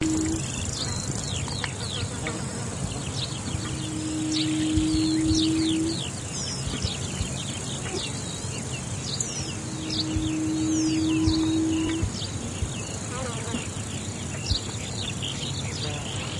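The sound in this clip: Yellow-legged buttonquail call: long, low, steady hooting tones of about two to three seconds, repeated several seconds apart, over a constant background of insects and faint high bird chirps.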